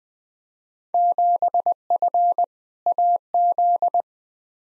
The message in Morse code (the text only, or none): 7F AZ